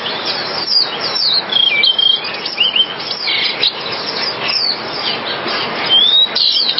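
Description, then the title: Java sparrow song: busy high chirps and short rising and falling whistled notes, tumbling irregularly over a steady hiss of background noise. "kicau gelatik"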